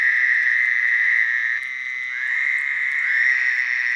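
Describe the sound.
Fowler's toad, nasal buzzing calls held steadily and overlapping, with fresh calls starting around two and three seconds, so the droning barely breaks.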